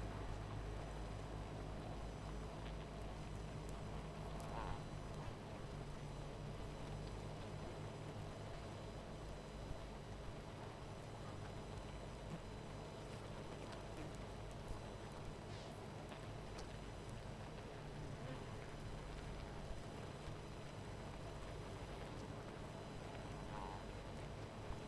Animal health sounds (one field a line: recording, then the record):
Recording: honeybee colony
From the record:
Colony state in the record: missing queen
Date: 14 July 2017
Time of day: 18:29